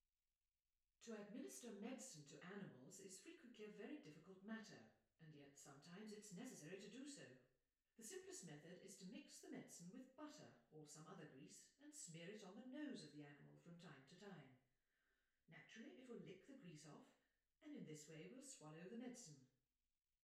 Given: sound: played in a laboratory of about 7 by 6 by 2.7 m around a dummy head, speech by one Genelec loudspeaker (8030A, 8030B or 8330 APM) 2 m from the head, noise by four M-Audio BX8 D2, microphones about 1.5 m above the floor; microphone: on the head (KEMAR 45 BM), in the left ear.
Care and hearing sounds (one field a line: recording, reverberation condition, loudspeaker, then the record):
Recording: female speech in English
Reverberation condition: medium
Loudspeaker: 120 degrees to the right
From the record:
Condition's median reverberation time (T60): about 510 ms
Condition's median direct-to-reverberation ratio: about -0.5 dB